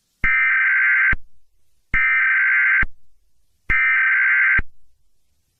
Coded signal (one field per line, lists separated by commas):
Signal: Emergency Alert System (SAME) tones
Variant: header bursts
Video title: EAS Scenario: The Attack of The Dinosaurs (Collab with Stitch Animate and NYC Subway Fan 2009)